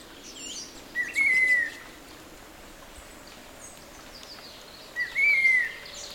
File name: attcin cri